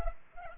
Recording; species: mosquito wingbeat signal from an infrared sensor; Culex pipiens